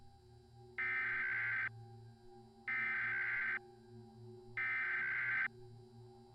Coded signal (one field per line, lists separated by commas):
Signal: Emergency Alert System (SAME) tones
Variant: header bursts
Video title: Mini EAS Mock - A Shitty Christmas Gift